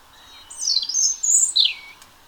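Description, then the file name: European robin song: a short sweet phrase of very high, thin, wavering whistles ending in a falling slur. "Erithacus rubecula"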